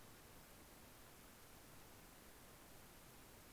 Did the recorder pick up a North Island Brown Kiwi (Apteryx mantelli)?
no